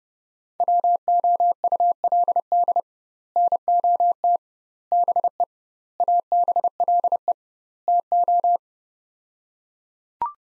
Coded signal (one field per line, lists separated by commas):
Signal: Morse code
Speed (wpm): 30 wpm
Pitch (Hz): 700 Hz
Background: none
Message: WOULD NOT BE ABLE TO